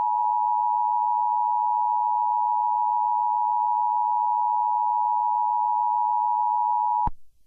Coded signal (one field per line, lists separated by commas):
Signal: Emergency Alert System (SAME) tones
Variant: 853 and 960 Hz attention tone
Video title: Doodle Kaden reacts to @C_T_C09Official 's Little Einsteins.exe EAS scenario (CHILDHOOD RUINED)